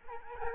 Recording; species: mosquito wingbeat signal from an infrared sensor; Aedes aegypti